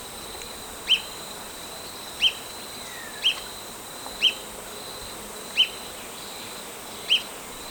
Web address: Natures Songs S America Birds of Ecuador Olive-Chested Flycatcher